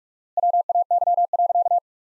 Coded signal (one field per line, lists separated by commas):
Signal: Morse code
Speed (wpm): 46 wpm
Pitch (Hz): 700 Hz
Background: none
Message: WAY.